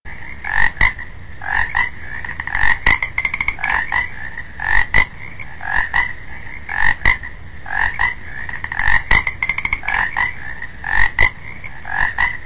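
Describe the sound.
Frogs croaking: repeated bursts of mid-pitched croaks with sharp clicks between.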